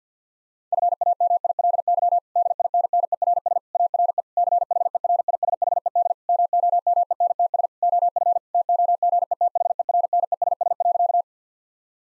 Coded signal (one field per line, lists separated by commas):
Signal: Morse code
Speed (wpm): 50 wpm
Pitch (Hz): 700 Hz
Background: none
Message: FAMILY DINNERS ARE CHERISHED MOMENTS OF TOGETHERNESS.